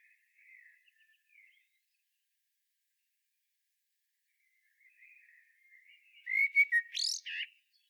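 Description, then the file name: Common blackbird song, soft quiet warbling at first, then one louder phrase of fluted whistles ending with a sharp, squeaky flourish. "Turdus merula"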